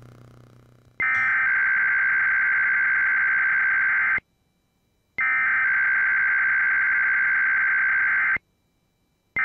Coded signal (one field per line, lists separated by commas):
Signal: Emergency Alert System (SAME) tones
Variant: header bursts